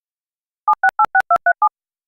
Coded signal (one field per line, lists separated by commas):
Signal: DTMF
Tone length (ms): 90 ms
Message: 7686237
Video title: Phone number sound effects, 7-digit and longer